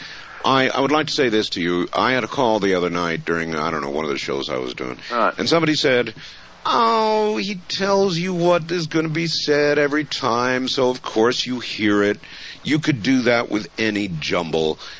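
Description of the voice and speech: An adult man speaks in a relaxed, conversational radio style, with a low-pitched voice that moves naturally in pitch. Speech is fluent and clearly articulated, with only brief natural pauses. This is ordinary speech with no sign of a voice or speech disorder.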